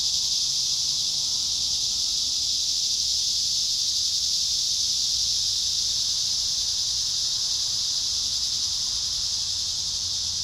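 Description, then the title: Cicadas keep up a dense, steady high buzz throughout, with a soft low rumble in the background. Recorded at Trinity. "neoscenes: cicadas at Trinity"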